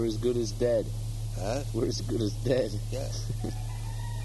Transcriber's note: laughs